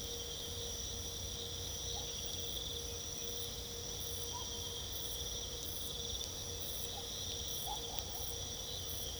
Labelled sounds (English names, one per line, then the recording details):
none
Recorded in pastures near Puerto Asís, Putumayo, Colombia, on 22 December 2024 at 01:30
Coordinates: 0.486, -76.323
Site GP01